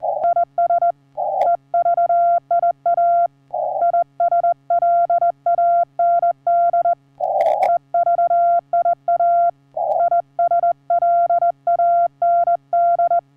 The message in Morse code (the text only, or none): IS EVIA ISLAND EVIA ISLAND